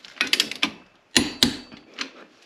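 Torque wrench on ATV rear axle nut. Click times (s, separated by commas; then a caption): 1.2 s, 1.4 s. A 1/2 inch torque wrench with a 17 mm socket, set to spec, tightens the rear axle nut on a 2011 Yamaha Grizzly 450 ATV. A few light ratcheting ticks come first, then the wrench gives two sharp clicks at 1.2 s and 1.4 s. The clicks confirm the nut has reached the set torque.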